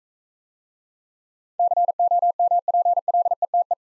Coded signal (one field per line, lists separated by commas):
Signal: Morse code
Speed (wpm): 44 wpm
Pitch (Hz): 700 Hz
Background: none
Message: COMPLETE